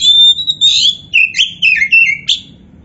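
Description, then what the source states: Oriental magpie-robin song: a loud run of clear, slurred whistles that step up and down in pitch. Kacer poci variety, described as gacor (singing vigorously).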